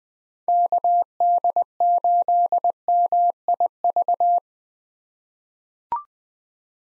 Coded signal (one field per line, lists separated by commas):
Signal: Morse code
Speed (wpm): 20 wpm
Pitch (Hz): 700 Hz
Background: none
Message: KD8MIV